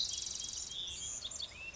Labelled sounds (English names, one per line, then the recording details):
House Finch
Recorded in Sonoma County, California